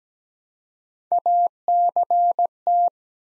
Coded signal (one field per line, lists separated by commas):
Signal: Morse code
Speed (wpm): 17 wpm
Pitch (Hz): 700 Hz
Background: none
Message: ACT